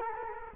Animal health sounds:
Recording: mosquito wingbeat signal from an infrared sensor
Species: Culex quinquefasciatus

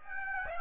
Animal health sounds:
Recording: mosquito wingbeat signal from an infrared sensor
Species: Aedes aegypti

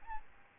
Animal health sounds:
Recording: mosquito wingbeat signal from an infrared sensor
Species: Aedes albopictus

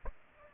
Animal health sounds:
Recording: mosquito wingbeat signal from an infrared sensor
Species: Aedes aegypti

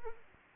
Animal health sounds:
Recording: mosquito wingbeat signal from an infrared sensor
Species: Anopheles arabiensis

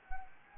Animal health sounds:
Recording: mosquito wingbeat signal from an infrared sensor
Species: Anopheles gambiae

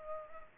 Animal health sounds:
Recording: mosquito wingbeat signal from an infrared sensor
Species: Culex pipiens

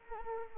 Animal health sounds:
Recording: mosquito wingbeat signal from an infrared sensor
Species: Anopheles arabiensis

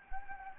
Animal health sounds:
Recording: mosquito wingbeat signal from an infrared sensor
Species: Anopheles gambiae

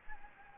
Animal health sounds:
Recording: mosquito wingbeat signal from an infrared sensor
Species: Anopheles gambiae

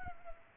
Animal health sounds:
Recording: mosquito wingbeat signal from an infrared sensor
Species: Culex pipiens

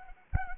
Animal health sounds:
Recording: mosquito wingbeat signal from an infrared sensor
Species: Anopheles arabiensis

